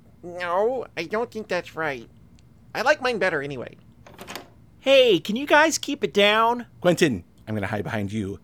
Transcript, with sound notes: No, I don't think that's right. I like mine better, anyway.
[Door opens.] Hey, can you guys keep it down?
Quentin! I'm gonna hide behind you.